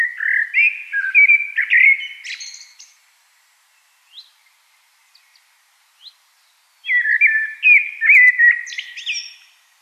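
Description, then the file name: Common blackbird song: two rich, fluting warbled phrases ending in squeaky high twitters, separated by a pause with a few faint, short notes. "Turdus merula"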